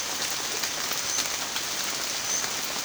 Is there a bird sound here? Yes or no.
no